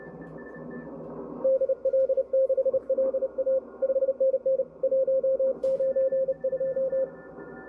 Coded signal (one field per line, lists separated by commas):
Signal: Morse code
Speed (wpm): 32 wpm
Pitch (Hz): 530 Hz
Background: radio noise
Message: DL6LA 5NN 192